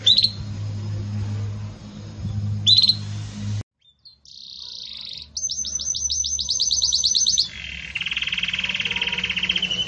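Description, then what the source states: Belgian canary singing in fragments: short high notes, a silent gap, a steady tone, a fast rattling trill, then a sustained lower warble. Pure "campainha" (bell) song style with pauses, for training.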